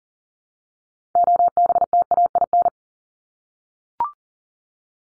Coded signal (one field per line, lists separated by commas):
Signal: Morse code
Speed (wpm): 40 wpm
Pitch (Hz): 700 Hz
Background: none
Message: OBTAIN